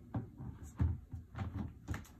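The plastic twist-on top of a portable steamer's water container is set back onto the container and lined up, ready to be twisted to lock. Short plastic knocks from placing it are heard at about 0.1, 0.8, 1.4 and 1.9 seconds. The top has not been twisted and has not clicked or locked yet.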